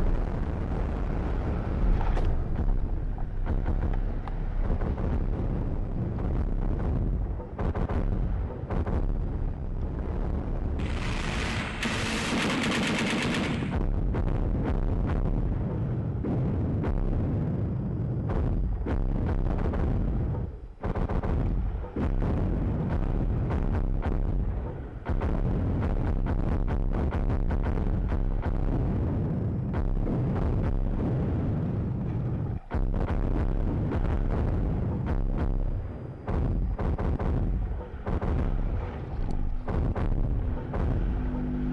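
Dense, continuous battle noise with heavy low rumbling, a bright burst of hissing gunfire around eleven to fourteen seconds, and scattered sharp blasts.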